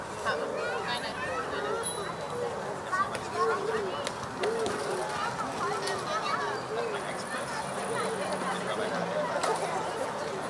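Children play at a summer evening playground, their voices overlapping into a constant babble of chatter and calls. The level stays steady throughout, with brief sharp clicks and knocks near three and four seconds and a faint high whine late in the clip.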